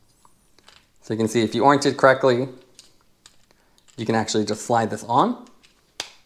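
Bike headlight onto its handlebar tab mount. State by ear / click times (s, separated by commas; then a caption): seated / 6.0 s. A Ravemen PR2000 dual-beam LED bike headlight body is slid onto its plastic slide-on tab handlebar mount while someone talks, with faint small ticks in the pauses. A sharp, loud click at 6.0 s marks the light clicking into place, seated on the mount.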